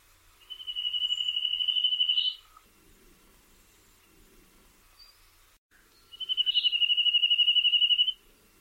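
Bird giving two fast, even trills of rapid beaded notes at a steady high pitch, each lasting nearly two seconds, separated by a pause of about four seconds; quiet background.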